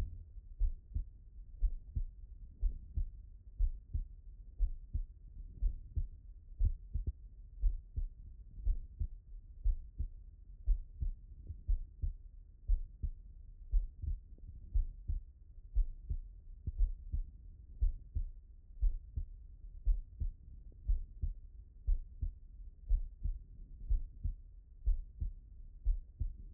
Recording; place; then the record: heart sounds by stethoscope; pulmonary valve (PV)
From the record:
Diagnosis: non-HFrEF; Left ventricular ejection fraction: 62%